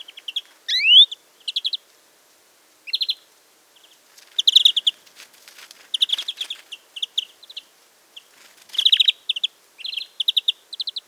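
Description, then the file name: European greenfinch calls: a rising upslurred note, then repeated clusters of short trilled chips, interrupted by brief bursts of rustling noise. "Chloris chloris"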